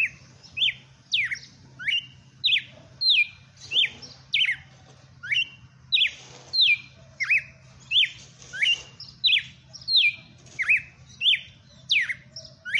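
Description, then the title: Red-cowled cardinal singing a long run of clear, sliding whistled notes that drop quickly in pitch, repeated about every two-thirds of a second, with a faint low hum behind. Female bird named Fenrir, singing in the song style called açoite selvagem. "Canto Galo Campina Fêmea 07. Galo de campina FENRIR no AÇOITE SELVAGEM"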